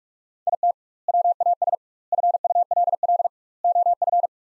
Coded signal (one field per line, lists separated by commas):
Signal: Morse code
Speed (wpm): 42 wpm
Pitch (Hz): 700 Hz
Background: none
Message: IT WAS FULL OF